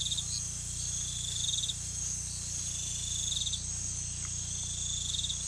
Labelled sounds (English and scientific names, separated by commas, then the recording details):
none
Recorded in pastures near Puerto Asís, Putumayo, Colombia, on 16 December 2024 at 00:30
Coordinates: 0.472, -76.331
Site GP02